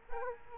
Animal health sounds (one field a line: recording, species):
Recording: mosquito wingbeat signal from an infrared sensor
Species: Culex quinquefasciatus